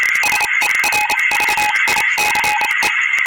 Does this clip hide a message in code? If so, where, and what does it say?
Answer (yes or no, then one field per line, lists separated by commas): yes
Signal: Morse code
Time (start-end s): 0.2-2.9 s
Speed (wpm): 26 wpm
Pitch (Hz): 2500 Hz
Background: music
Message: SERVICE